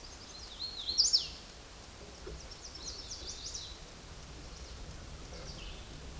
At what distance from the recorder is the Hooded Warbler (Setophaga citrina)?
about 20 m